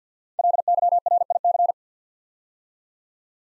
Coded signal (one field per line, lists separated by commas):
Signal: Morse code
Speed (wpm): 48 wpm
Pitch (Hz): 700 Hz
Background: none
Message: LYRIC